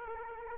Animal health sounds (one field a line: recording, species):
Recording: mosquito wingbeat signal from an infrared sensor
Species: Culex quinquefasciatus